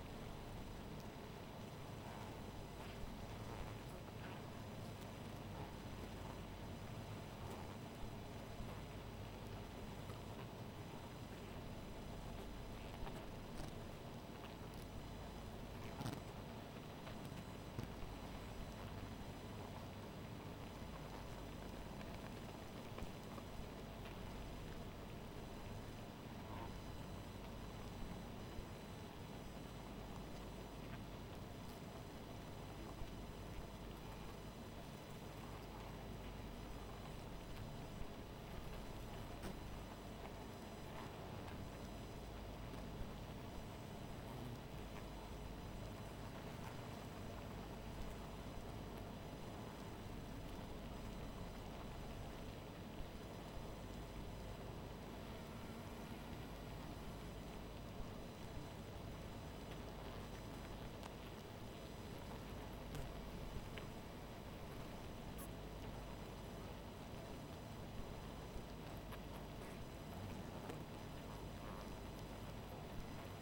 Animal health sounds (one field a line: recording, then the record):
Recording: honeybee colony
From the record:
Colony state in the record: missing queen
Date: 14 July 2017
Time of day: 0:44